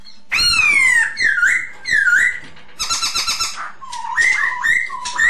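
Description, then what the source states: Masked laughingthrush song of loud, slurred whistles sliding downward, broken by a rasping, buzzy stretch in the middle, then more dipping whistled phrases. Lure sound (Indonesian 'suara pancingan') of the Poksay Hongkong.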